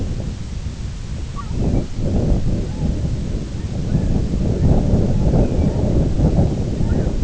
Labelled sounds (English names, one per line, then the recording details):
unidentified sound
Lapland Longspur
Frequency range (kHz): Lapland Longspur 2.1-3.1 kHz
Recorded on Arctic tundra, site IGLO-B, on 24 June 2018
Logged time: 17:59